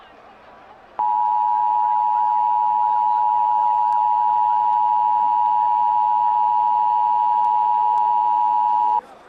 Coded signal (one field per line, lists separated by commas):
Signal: Emergency Alert System (SAME) tones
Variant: 853 and 960 Hz attention tone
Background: speech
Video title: Emergency Broadcast System: Cobalt Virus (2-5-2037)